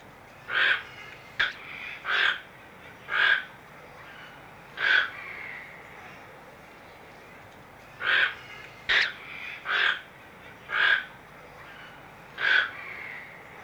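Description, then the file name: Toco toucan making many brief, rasping croaks in two series separated by a pause of about three seconds. Captive bird at a zoo in Amsterdam. "Artis, toko toekan - Sound Cloud - Beeld en Geluid"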